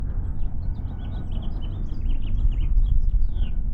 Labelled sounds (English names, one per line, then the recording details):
House Finch song
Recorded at Neponsit on Long Island, New York, on 4 June 1975
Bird E